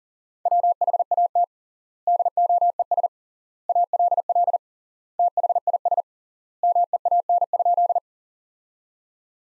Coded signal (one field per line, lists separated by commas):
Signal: Morse code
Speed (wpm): 40 wpm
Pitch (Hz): 700 Hz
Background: none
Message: WHAT DOES ALL THIS MEAN?